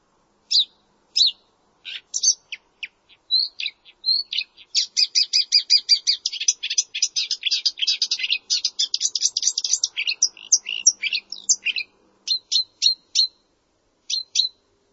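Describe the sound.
Bird calls: high chirps, sparse at first, then a dense rapid chatter of squeaky notes for several seconds, easing back to single spaced chirps.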